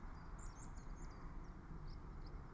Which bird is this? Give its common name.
Common Chiffchaff